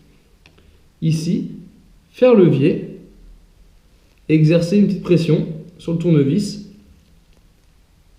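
A spring clip for the master link of a moped drive chain is being levered into place with a flat screwdriver pushed against the pins, while someone talks. A few faint, brief clicks of handling sound between the speech, but the clip has not snapped home and nothing has seated yet.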